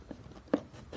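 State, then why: Not seated. An LED 15 W turtle-style ceiling light body is being pushed onto its wall/ceiling mounting base at the bottom, where the lower clip is meant to catch. Soft handling taps are heard around 0.1 s and 0.95 s, with a sharper knock at 0.5 s. Nothing has seated or clicked yet.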